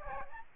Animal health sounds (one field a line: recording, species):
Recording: mosquito wingbeat signal from an infrared sensor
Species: Aedes albopictus